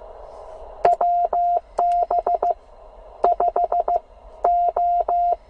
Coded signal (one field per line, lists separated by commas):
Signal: Morse code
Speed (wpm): 16 wpm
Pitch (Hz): 690 Hz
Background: none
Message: WB5O